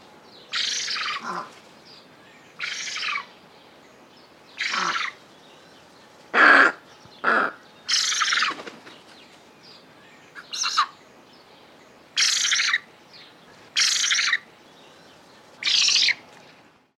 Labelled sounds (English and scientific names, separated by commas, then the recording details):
Eurasian Spoonbill (Platalea leucorodia)
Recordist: Tembrock, Günter
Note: Rufe